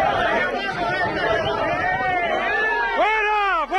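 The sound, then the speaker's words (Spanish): A crowd of protesting farmers in Logroño, Spain, in February 2024, shouts and jeers, many voices overlapping in a loud, steady roar, with a few rising yells standing out near the end. “En Logroño, las bocinas se han convertido en abucheos y gritos.”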